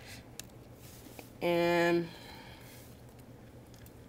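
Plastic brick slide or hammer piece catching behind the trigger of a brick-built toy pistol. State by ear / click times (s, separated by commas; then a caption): seated / 0.4 s. A plastic brick slide or hammer piece on a LEGO brick-built toy pistol is pushed back until it clicks behind the trigger at 0.4 s, cocking the pistol. Softer taps follow at about 1.2 s, 3.7 s and 3.9 s, and someone talks briefly around 1.5–2.0 s.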